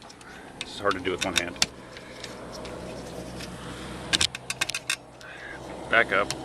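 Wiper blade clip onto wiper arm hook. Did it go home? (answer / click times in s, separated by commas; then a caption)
no / none. On a 2007 Toyota Prius, a new wiper blade is being slid back up onto the hook of the wiper arm toward where its plastic clip locks in place, while someone talks. Soft handling rustles and a short burst of sharp plastic clicks and taps around 4.2 to 4.9 seconds are heard. Nothing has seated or clicked into place yet.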